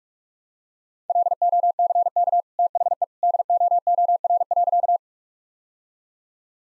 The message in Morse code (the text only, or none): LOCK THE DOOR.